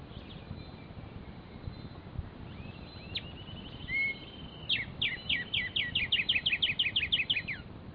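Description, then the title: Black-striped sparrow: faint thin whistles open, then a steady series of sharp downslurred notes, against low background hiss. Nominate subspecies conirostris. "LuckyPassaro Completos2Sama. Black-striped Sparrow (Arremonops conirostris conirostris)"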